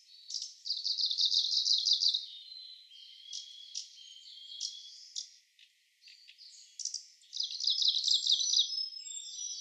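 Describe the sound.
Kamchatka leaf warbler delivering two fast, buzzy trills of repeated high notes, separated by a stretch of scattered chirps and thin whistles.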